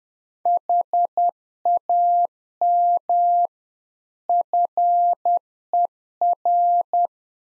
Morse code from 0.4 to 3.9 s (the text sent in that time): HAM